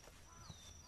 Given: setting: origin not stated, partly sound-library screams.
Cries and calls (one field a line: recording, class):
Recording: one-second piece from a danger detection set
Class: normal situation